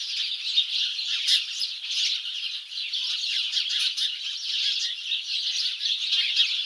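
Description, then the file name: House sparrows chirping, a dense, continuous chatter of short, bright chirps overlapping throughout, with a few louder notes standing out. "Passer domesticus"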